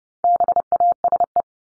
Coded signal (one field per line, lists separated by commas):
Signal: Morse code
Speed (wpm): 30 wpm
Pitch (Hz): 700 Hz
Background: none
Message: BASE